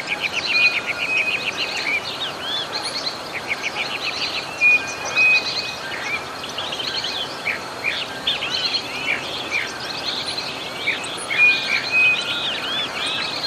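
Bird chorus with many chirping and trilled notes and occasional level whistles, steady throughout against continuous hiss.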